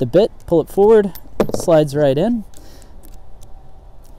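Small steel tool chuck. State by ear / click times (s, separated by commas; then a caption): seated / 3.0 s, 3.4 s. Someone talks while pulling the quick-release collar of a Rigid Gen 5X impact driver forward, sliding a steel hex driver bit into the chuck and releasing it. Small clicks follow at about 3.1 and 3.4 seconds as the bit locks into place in the chuck.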